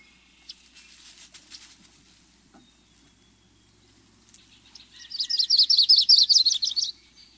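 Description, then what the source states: Yellow-rumped warbler singing a single fast, warbled trill of high notes lasting about two seconds, after a quiet stretch with a few faint chips. Songbird of the western USA, North America.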